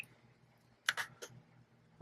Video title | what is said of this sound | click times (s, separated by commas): iphone X - How To Repair Screen lcd guide - Test Proximity sensor | a little click there we go oh wow pretty | 0.9 s